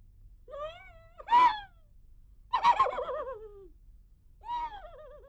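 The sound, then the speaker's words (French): A horse whinnies three times in a row, each call a shrill, wavering neigh with a trembling pitch and short pauses between them; no one speaks. “C'est le cheval qui pleure?”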